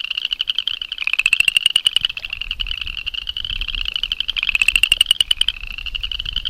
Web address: Frog Pseudacris Fouquettei